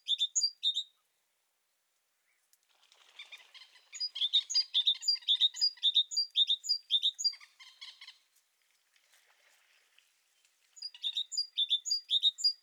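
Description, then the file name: Great tit giving rapid high chirps in bursts, overlapped midway by denser, lower twittering from another bird before the clear chirping returns. "Parus major"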